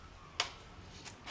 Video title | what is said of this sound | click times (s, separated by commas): How to get rid of that Creaking Noise from Carbon road Bikes | and another one until it clicks until the first one clicks | 0.4 s